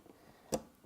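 A RAM module is pushed down into a motherboard DIMM slot, and the retention clip gives one sharp click at 0.5 s against a quiet background. The RAM is confirmed correctly seated.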